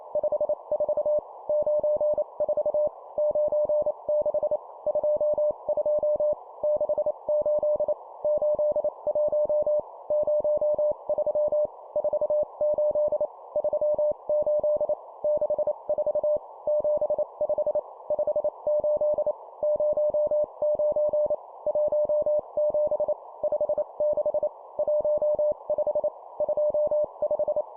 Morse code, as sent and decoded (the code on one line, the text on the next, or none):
..... ....- / ----. ....- / ----. -.... / ..--- ..--- / -.... ---.. / ---.. .---- / ----- ...-- / ....- ---.. / ...-- ---.. / -.... ....- / --... ..... / ..... ---.. / ----- ----. / .---- --... / ..... -.... / .---- ..... / ..--- .....
54 94 96 22 68 81 03 48 38 64 75 58 09 17 56 15 25